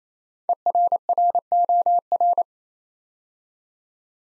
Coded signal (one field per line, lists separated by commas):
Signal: Morse code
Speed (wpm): 28 wpm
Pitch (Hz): 700 Hz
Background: none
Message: ERROR